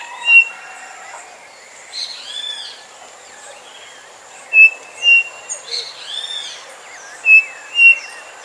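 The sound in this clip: Bird calling with high, level whistled notes and curving arched phrases, repeated at irregular intervals over steady background hiss.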